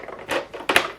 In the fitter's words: You will hear a click sound.